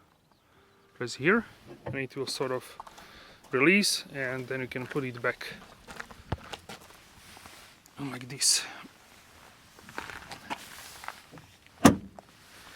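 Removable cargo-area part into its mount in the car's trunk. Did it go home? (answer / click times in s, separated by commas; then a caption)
yes / 11.9 s. Someone talks while a removable part in the cargo area of a 2027 Mercedes GLB SUV, released by pressing a button, is put back into its mount, with light handling knocks along the way. A sharp, loud click at 11.9 s marks the part seating in place.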